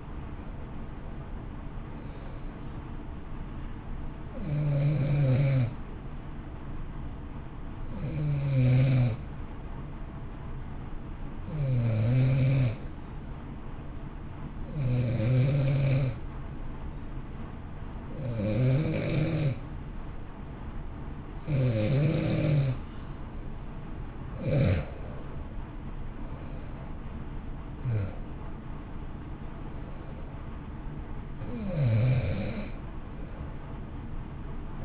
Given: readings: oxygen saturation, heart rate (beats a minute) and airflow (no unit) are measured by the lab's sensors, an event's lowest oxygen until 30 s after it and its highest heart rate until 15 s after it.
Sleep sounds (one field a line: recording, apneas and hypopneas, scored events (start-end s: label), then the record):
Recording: breathing in sleep by a smartphone at the bedside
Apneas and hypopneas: 1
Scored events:
5.00-24.30 s: hypopnea (N2, oxygen 94% highest, then 90% lowest, heart rate 61 at the start, 70 highest)
From the record:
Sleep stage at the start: N2 (light sleep)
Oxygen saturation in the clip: 90 to 94%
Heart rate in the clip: 57 to 70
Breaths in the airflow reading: 8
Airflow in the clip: -1.6 to 3.2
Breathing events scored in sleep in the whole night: 328 in 6.3 hours asleep